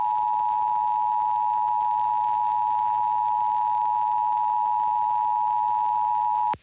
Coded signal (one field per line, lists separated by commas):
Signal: Emergency Alert System (SAME) tones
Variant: 853 and 960 Hz attention tone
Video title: Pennsylvania Required Monthly Tests (11/17/22)(EAS 1272-1281)